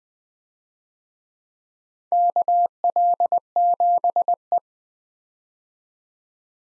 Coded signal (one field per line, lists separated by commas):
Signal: Morse code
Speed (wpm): 20 wpm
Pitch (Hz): 700 Hz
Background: none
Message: KL7E